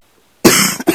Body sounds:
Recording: coughing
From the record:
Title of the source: 30 Chesty and wet cough

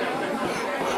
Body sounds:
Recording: coughing mixed with background sound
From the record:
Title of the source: Coughing 77

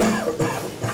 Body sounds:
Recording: coughing mixed with background sound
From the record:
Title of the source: Cough Around the Clock!

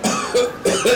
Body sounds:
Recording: coughing mixed with background sound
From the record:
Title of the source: Residual Phlegmy Morning Coughing and Gagging

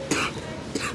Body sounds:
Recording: coughing mixed with background sound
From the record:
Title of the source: 64 coughing, allergies, singing lungs

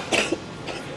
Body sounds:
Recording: coughing mixed with background sound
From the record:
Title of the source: 61 morning phlegmy cough...again

